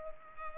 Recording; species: mosquito wingbeat signal from an infrared sensor; Culex pipiens